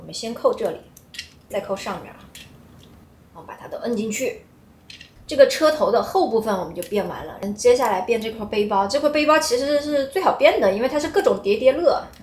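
A plastic transforming robot toy's front-of-car panels are pressed fully into their mating tabs on the robot body, and a sharp snap at 4.9 s marks them seating in place. Someone talks throughout, with quieter small plastic clicks and handling sounds between phrases.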